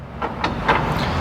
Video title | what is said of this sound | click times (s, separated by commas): Barko 930B with Prinoth M650 Walk-around - 320HP Forestry Mulching Monster! | that locks in place from here you can get to all your your radiator your hydraulic cooler | 0.4 s